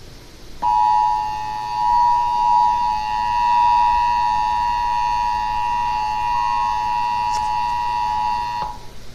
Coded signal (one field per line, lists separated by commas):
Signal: Emergency Alert System (SAME) tones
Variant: 853 and 960 Hz attention tone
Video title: 3rd National Periodic Test: KDAF (EAS #120)